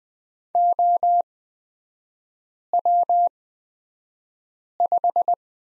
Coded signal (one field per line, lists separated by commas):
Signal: Morse code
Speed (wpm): 20 wpm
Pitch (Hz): 700 Hz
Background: none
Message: OW5